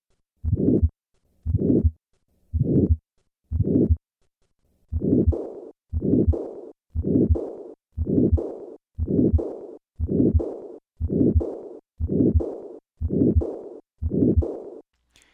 To and fro murmur. The systolic component of aortic stenosis and then add the diastolic component of aortic regurgitation.